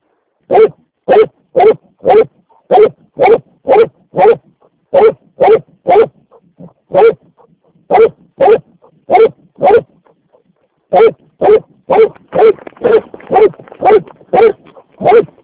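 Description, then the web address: Dog barking steadily, about two barks a second, with a couple of short gaps before the barking resumes. A dog named Vekku. "Vekku. taperan koirat"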